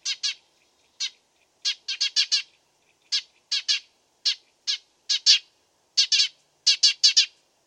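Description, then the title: Dead Sea sparrow singing sharp, bright chirps, alone or in quick bursts of two to four, with short silent gaps between phrases. Masteran: made for training songbirds to copy its song. "burung gereja dead sea masteran"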